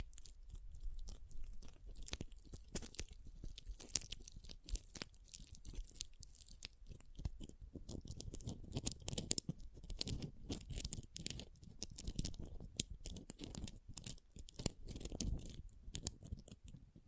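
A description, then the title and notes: Pom poms are squished and rustled in dense, crackly bursts of quick crunches, growing fuller and deeper after about eight seconds. ASMR Ultimate Pom Pom Tingles (No Talking).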